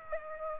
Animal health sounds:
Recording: mosquito wingbeat signal from an infrared sensor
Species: Aedes aegypti

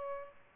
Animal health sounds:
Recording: mosquito wingbeat signal from an infrared sensor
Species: Aedes albopictus

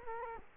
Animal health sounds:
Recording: mosquito wingbeat signal from an infrared sensor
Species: Culex quinquefasciatus

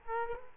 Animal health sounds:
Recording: mosquito wingbeat signal from an infrared sensor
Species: Culex quinquefasciatus

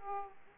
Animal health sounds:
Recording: mosquito wingbeat signal from an infrared sensor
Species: Aedes aegypti

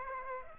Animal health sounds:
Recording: mosquito wingbeat signal from an infrared sensor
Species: Aedes aegypti

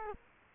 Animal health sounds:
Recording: mosquito wingbeat signal from an infrared sensor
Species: Culex quinquefasciatus

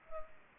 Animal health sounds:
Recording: mosquito wingbeat signal from an infrared sensor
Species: Culex pipiens

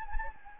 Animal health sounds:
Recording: mosquito wingbeat signal from an infrared sensor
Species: Anopheles gambiae

